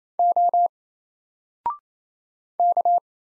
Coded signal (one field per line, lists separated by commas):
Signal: Morse code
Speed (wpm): 27 wpm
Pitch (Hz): 700 Hz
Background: none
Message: O K